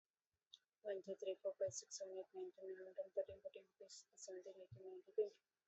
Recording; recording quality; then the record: counting at a fast pace; excellent, no background noise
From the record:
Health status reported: exposed to COVID-19, no respiratory illness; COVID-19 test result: negative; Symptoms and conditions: none ticked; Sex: female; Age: 27 years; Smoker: not ticked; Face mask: not worn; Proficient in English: yes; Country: India